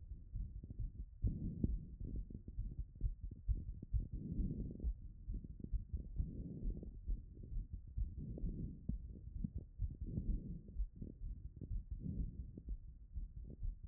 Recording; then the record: heart sounds by stethoscope after running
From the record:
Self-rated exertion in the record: moderate exertion (3 of 6); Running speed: 7 mph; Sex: female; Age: 24 years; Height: 163 cm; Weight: 52 kg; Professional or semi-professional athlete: no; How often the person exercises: 1 to 2 times a week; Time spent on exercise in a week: under 1 hour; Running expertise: no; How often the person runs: 1 to 2 times a week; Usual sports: interval training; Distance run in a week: 5 km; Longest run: 3 km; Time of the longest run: 30 minutes